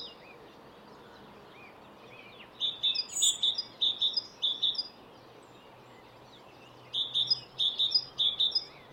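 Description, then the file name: Great tit: after a quiet start, two bursts of ringing, high two-note phrases, each repeated four or five times, separated by a short silence. "Parus major"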